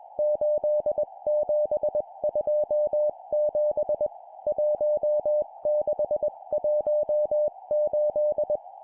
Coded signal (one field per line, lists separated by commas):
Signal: Morse code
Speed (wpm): 21 wpm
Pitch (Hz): 600 Hz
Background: music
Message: 8727 1618